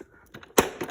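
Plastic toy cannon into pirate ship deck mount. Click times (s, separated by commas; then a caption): 0.6 s. A plastic toy cannon is pushed into its mounting hole on the deck of a VTech Treasure Seeker pirate ship. A few faint taps at 0.3–0.4 s lead to a loud, sharp snap at 0.6 s, followed by a softer knock near 0.8 s. The cannon is seated.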